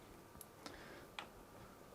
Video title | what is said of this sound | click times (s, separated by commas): Sahara Gaming EX360 LCD Display 360mm AIO Water Cooling System Unboxing Install & Demo | and you'll feel it kind of lock into place it's got a little plastic washer there which holds the back plate on | 1.2 s